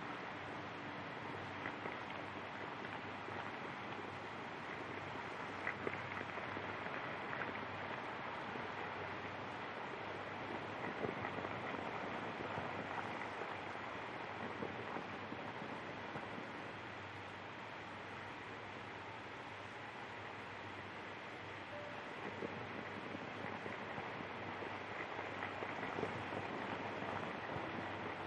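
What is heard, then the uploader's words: A steady wash of sound with a fine vinyl crackle running through it, dense and unchanging for the whole stretch. The texture sits in the middle and upper range, with a low, rumbling bed beneath and small clicks popping up irregularly. Peaceful Soundscape with Vinyl Crackle Sounds. The sound of a crackling record player.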